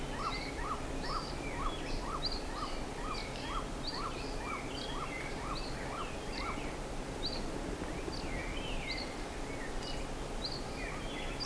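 Bird calls: a series of short, sharp upswept notes repeated about twice a second, with higher thin chirps scattered throughout and steady low background noise.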